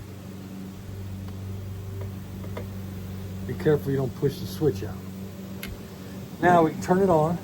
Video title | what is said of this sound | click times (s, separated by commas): Pairon Tools Lift & Slide Cart unboxing, test and demonstration | So you go ahead, you flip it up and slide it in. And it should snap into place. | 2.6 s